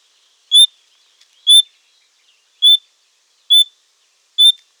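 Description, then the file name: Common nightingale repeating a short, pure, high whistled note five times at intervals of about a second, with silence between. "Luscinia megarhynchos"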